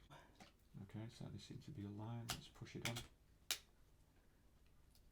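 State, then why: Seated. A plastic turret assembly is lined up and pushed onto a toy robot pet's vehicle base so its side clips snap in. Someone talks, then one sharp click sounds at 3.5 s. The turret is seated on the vehicle.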